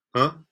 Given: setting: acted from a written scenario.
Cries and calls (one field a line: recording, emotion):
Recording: vocal sound without words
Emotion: embarrassment